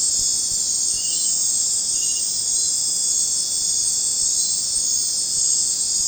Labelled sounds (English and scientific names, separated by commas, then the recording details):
none
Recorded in dense forest near Puerto Asís, Putumayo, Colombia, on 21 December 2024 at 19:00
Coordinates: 0.466, -76.327
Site G075